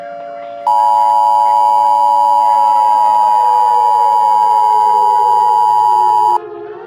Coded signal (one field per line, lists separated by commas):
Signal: Emergency Alert System (SAME) tones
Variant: 853 and 960 Hz attention tone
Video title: Attention Shoppers: A Halloween EAS Mock